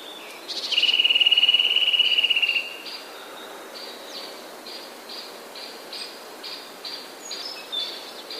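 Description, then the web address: Eurasian nuthatch song: a loud, fast, even trill of about two seconds, followed by short faint notes repeated at a steady pace. "wroblowe kolekcja kowalik"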